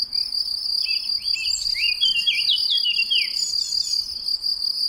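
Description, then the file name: Eurasian blackcap delivering a rich, rapid warble of varied notes lasting a few seconds, with a continuous high-pitched cricket chorus underneath. "Sylvia atricapilla"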